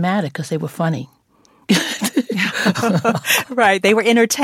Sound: laughter

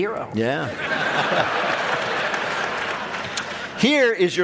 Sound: laughter

